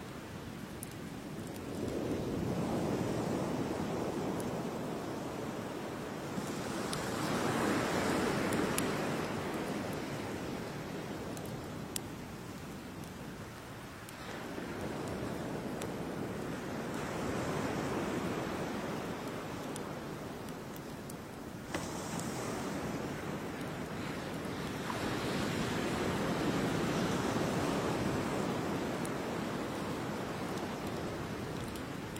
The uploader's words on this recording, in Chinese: 傍晚 海滩 篝火旁 海浪声 白噪音。